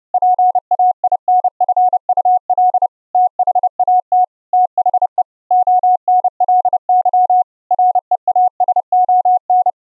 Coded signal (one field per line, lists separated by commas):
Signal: Morse code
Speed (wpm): 29 wpm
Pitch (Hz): 730 Hz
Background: none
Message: PAINFUL THAT THE ONLY REASON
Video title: Raspberry PI 4 ENB-CW soundcard SDR Transmitter & ENB-CW Laptop soundcard SDR Receiver - on VLF band